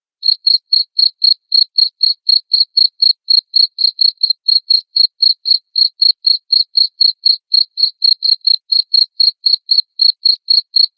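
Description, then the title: Cricket chirping in a long, unbroken series of high, clipped chirps, roughly four each second, with a quiet background. Loud cricket chirping played to make lovebirds keep singing 'ngekek'. "Suara JANGKRIK NGERIK Keras Bikin LOVEBIRD Jadi NGEKEK Terus Vubey"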